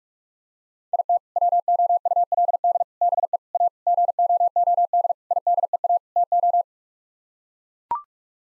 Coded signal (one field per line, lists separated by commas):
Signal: Morse code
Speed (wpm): 41 wpm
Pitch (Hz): 700 Hz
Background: none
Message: IT WOULD BE A GOOD IDEA TO